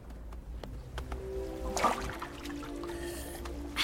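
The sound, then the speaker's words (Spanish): Water surges and pours in over a low, steady rumble, with a loud splashing rush in the middle and a hissing wash of water near the end. “¡Agua!”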